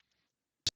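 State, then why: Seated. The plastic legs of a Transformers Missing Link Convoy/Optimus Prime (C-01/C-02) robot figure are pulled apart along their sliding track. After a near-silent stretch with faint handling noise, the hip joint gives one sharp, broadband snap at 0.7 s as the hips seat into their set spacing.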